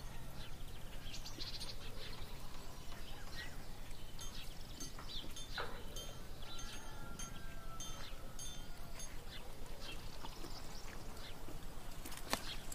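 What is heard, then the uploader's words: Birds call and chirp throughout in a busy outdoor town scene, with duck-like quacking standing out among them. Short sharp knocks and clatters come every second or so, and a low steady rumble of activity fills the background, with a sharp bright crack near the end. Peaceful fantasy town in the morning. Birds singing, people in the town doing their work, horse carts and farm animals.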